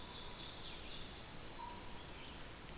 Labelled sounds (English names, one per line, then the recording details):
Ovenbird song
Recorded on 2 June 2016 at 09:27
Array SBT-3-7